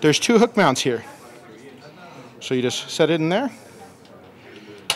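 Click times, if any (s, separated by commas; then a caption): 4.9 s. A standard hard drive rack is set onto two hook mounts inside a Thermaltake PC chassis (Urban T81 or Core V71) and pressed home while someone talks. A sharp click at 4.9 s marks the rack snapping into the mounts, fully seated.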